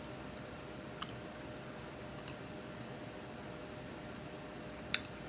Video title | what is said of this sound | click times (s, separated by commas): The easiest confidence boost ever!😍 | Hear that click? | 2.3 s, 4.9 s